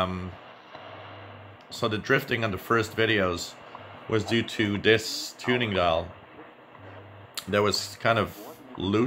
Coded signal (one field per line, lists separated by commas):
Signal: radio time signal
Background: speech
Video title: WWV 10 MHz received Eton S350DL portable receiver on Shortwave